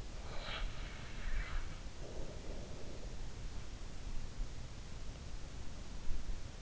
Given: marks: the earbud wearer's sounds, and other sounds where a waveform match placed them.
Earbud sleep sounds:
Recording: sounds in sleep by an in-ear microphone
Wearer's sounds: snoring breath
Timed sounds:
0.28-3.33 s: snoring breath

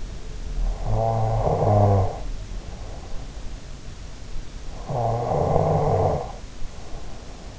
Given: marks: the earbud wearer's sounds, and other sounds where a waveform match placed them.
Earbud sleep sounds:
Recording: sounds in sleep by an in-ear microphone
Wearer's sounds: snoring breath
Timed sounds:
0.00-2.99 s: snoring breath
1.72-3.45 s: sound from someone else or the room
4.41-7.54 s: snoring breath
5.91-7.59 s: sound from someone else or the room

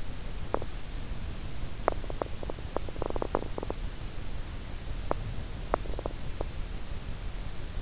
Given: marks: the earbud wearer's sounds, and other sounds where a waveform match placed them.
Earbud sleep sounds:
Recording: sounds in sleep by an in-ear microphone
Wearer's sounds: teeth grinding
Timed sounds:
0.26-0.93 s: teeth grinding
1.76-4.08 s: teeth grinding
5.06-6.60 s: teeth grinding

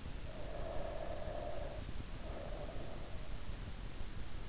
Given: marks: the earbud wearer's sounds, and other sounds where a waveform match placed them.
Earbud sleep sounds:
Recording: sounds in sleep by an in-ear microphone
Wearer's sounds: breath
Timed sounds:
0.27-3.53 s: breath

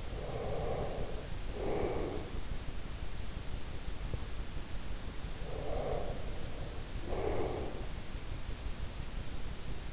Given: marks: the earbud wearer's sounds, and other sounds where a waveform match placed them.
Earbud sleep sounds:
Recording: sounds in sleep by an in-ear microphone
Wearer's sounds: breath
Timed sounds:
0.00-2.37 s: breath
5.37-8.06 s: breath

